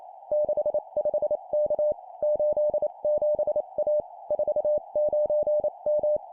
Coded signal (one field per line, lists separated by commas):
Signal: Morse code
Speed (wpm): 28 wpm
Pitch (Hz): 600 Hz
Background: none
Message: 65K 87A 49M